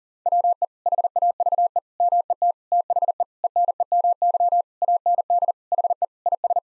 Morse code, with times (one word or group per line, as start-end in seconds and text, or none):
0.3-0.6 WE
0.9-1.8 HAVE
2.0-2.5 MET
2.7-3.2 THE
3.4-4.6 ENEMY
4.8-5.5 AND
5.7-6.0 HE
6.3-6.6 IS